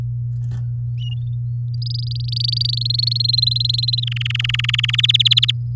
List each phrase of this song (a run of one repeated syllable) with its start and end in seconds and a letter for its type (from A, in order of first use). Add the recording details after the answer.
1.82-2.83 A, 2.85-4.04 B, 4.07-4.96 C, 4.98-5.51 D. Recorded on 6 May 2018 at 09:48. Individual llb16